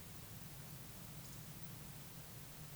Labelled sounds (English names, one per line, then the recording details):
Eurasian Woodcock whistle
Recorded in Baden-Württemberg, Germany, on 11 June 2021 at 20:07 UTC
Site 24606, 635 m above sea level